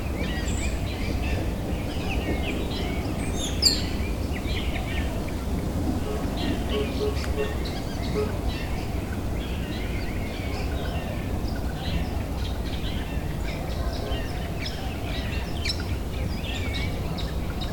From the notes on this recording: Spring bird chatter.